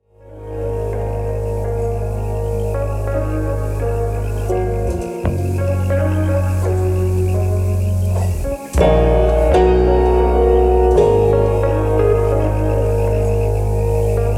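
Background music of thick, sustained low tones under layered held notes, fading in quickly, with brief dips and chord shifts near five, nine and eleven seconds.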